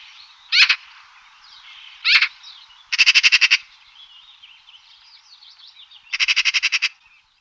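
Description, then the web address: Eurasian magpie call, harsh rattling chatter in short bursts, some single rasps and two longer rapid rattles, with faint twittering birds behind. "Ptaki Sroka"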